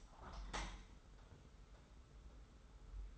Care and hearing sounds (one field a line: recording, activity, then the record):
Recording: daily activity, microphone in the room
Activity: open window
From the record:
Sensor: 3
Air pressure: 991.2 hPa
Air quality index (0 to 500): 120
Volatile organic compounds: 96 ppm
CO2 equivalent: 3725 ppm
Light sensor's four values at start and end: 48/133/54/47 and 49/133/54/48